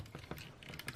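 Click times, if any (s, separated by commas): none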